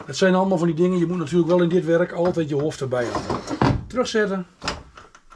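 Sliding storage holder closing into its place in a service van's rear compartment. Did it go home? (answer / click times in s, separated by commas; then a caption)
yes / 4.7 s. A roadside mechanic slides a movable storage rack in his service van's rear compartment back into place and locks it. Someone talks through most of the clip, then a door-like thud at 4.7 s is followed by a few smaller clicks. The rack is shut and locked in place again.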